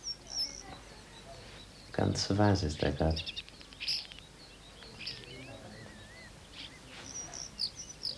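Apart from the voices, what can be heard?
starlings chirping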